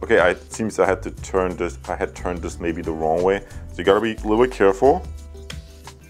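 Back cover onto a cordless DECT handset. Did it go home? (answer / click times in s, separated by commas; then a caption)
yes / 5.5 s. Someone talks while turning the plastic back cover of a Gigaset SL450HX cordless DECT IP phone handset, which had first been fitted the wrong way round, and pressing it onto the handset. A sharp click at 5.5 s is heard as the back cover snaps into place.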